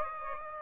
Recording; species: mosquito wingbeat signal from an infrared sensor; Aedes aegypti